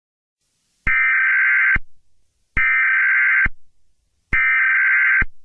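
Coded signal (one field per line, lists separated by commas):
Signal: Emergency Alert System (SAME) tones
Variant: header bursts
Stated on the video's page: First-attempt homemade fictional horror emergency broadcast alert.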